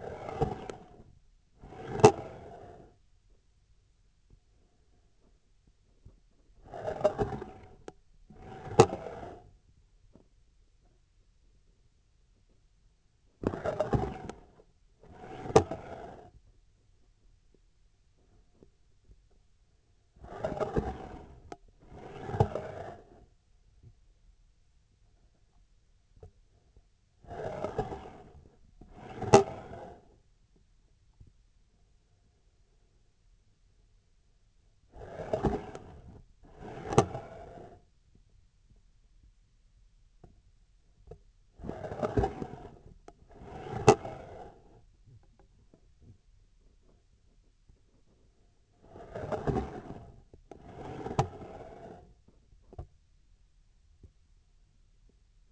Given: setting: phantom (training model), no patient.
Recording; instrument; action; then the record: laparoscopic instrument, vibration sensor on the handle end; scissors; approaching and retracting movements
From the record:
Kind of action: spatial motion